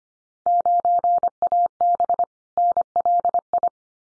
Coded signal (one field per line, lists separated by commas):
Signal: Morse code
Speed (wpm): 25 wpm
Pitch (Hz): 700 Hz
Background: none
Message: 9AB NLI